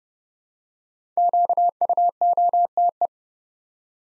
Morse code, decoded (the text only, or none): QUOTE